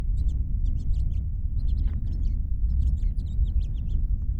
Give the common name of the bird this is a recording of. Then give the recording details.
House Finch. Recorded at Nassau on Long Island, New York, on 21 May 1975. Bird BY